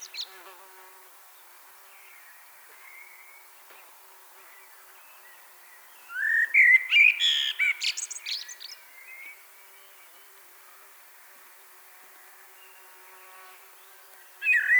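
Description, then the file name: Common blackbird song: a single rich warbled phrase with a squeaky, twittering finish, in the middle and surrounded by quiet. Another phrase starts at the very end. "Turdus merula"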